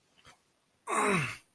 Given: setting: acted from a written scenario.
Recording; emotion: vocal sound without words; pain